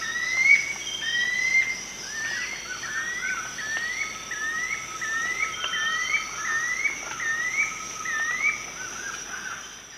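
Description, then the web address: Spotted Puffbird series of rising whistled notes repeated steadily, with another bird's longer thin whistles in the background. Eastern lowlands of South America. "Natures Songs S America Eastern Lowlands. Spotted Puffbird"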